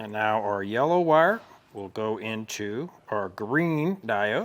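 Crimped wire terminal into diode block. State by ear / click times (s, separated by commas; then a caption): not seated / none. Someone talks while the yellow wire's crimped terminal is being handled for the green diode block of a Roadmaster 4-diode universal wiring kit on a 2025 Chevrolet Silverado 1500. Only speech is heard, with no click or other sudden sound. Nothing has seated or clicked yet when the clip ends, just before the terminal goes home.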